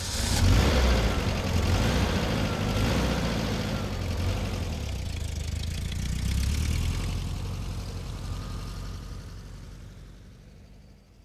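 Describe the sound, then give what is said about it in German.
A car engine idles with a steady low rumble, rising briefly as the car is maneuvered to park in a corner, then fading and winding down toward the end. No one speaks. “Wenn ich Sie nur bitten dürfte, Ihren Wagen so wie immer in der Ecke dort zu parken.”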